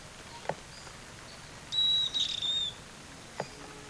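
Bird call, one thin, high, level whistle lasting about a second, with a fluttering second part, and a couple of faint clicks around it.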